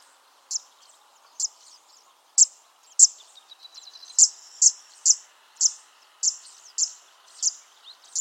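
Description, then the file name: Zitting cisticola song: a run of about a dozen sharp, high 'zit' notes, sparse at first, then evenly spaced around every half second, with faint twittering between. "canto da fuinha dos juncos"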